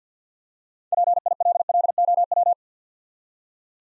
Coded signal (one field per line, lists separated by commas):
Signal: Morse code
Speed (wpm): 52 wpm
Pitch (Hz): 700 Hz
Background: none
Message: PILLOW